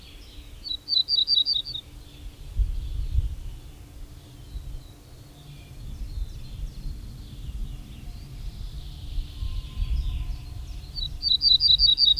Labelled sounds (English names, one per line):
Ortolan Bunting song